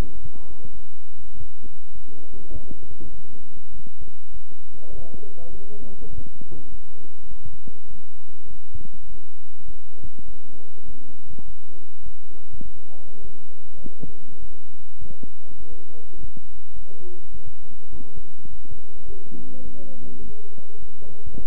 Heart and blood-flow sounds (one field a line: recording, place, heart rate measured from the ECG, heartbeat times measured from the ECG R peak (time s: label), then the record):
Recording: heart sounds by stethoscope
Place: between the tricuspid and mitral areas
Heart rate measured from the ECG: 102 bpm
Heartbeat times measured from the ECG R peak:
0.12 s: heartbeat
0.72 s: heartbeat
1.32 s: heartbeat
1.93 s: heartbeat
2.52 s: heartbeat
3.12 s: heartbeat
3.72 s: heartbeat
4.32 s: heartbeat
4.90 s: heartbeat
5.50 s: heartbeat
6.10 s: heartbeat
6.70 s: heartbeat
7.29 s: heartbeat
7.88 s: heartbeat
8.48 s: heartbeat
9.07 s: heartbeat
9.66 s: heartbeat
10.26 s: heartbeat
10.86 s: heartbeat
11.45 s: heartbeat
12.04 s: heartbeat
12.63 s: heartbeat
13.22 s: heartbeat
13.82 s: heartbeat
14.40 s: heartbeat
14.99 s: heartbeat
15.58 s: heartbeat
16.17 s: heartbeat
16.74 s: heartbeat
17.32 s: heartbeat
17.90 s: heartbeat
18.48 s: heartbeat
19.06 s: heartbeat
19.63 s: heartbeat
20.21 s: heartbeat
20.80 s: heartbeat
21.37 s: heartbeat
From the record:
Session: bicycle stress test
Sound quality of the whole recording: good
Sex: male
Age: 23 years